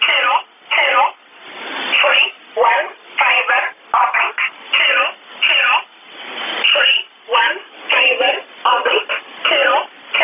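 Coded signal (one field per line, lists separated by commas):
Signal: numbers station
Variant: E11 Oblique, English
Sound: female voice reading short evenly spaced words or digits over sideband radio hiss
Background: radio static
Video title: 29 12 2018 E11 Oblique Numbers station in English to Eu 0805 on 7377 unknown tx site in USB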